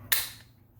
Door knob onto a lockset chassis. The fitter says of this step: slides in and you'll hear it click